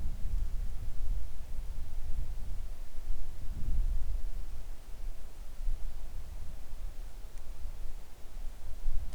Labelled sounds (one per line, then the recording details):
wind
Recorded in the Arctic National Wildlife Refuge, Alaska, on 3 August 2019 at 10:24
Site 41